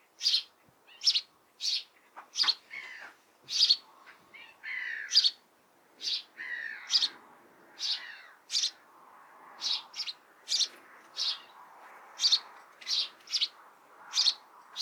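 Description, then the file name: House sparrow chirping, short bright notes repeated irregularly, with a few lower, downward-sliding notes in between. "Passer domesticus"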